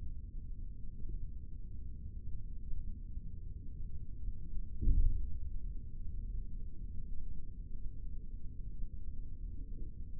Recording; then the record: forearm muscle sounds (acoustic myography)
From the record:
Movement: rest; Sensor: system 3, bracelet of six PUI Audio POM-2738L microphones around the upper forearm, with dedicated amplification and filtering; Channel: 1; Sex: male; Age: 23 years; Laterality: right